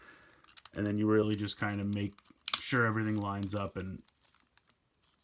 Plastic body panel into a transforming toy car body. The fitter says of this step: into place this snaps in here and then